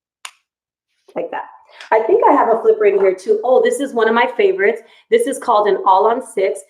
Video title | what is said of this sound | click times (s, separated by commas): Dentist Live with Dental Models and Denture Talk Ep 9 | they kind of snap into place like this like | 0.2 s